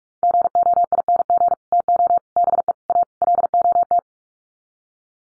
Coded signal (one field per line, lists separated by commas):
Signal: Morse code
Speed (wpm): 44 wpm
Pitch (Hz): 700 Hz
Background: none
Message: GOING TO BE A LOT